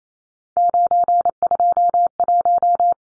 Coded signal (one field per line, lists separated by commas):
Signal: Morse code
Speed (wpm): 28 wpm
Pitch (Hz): 700 Hz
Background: none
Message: 921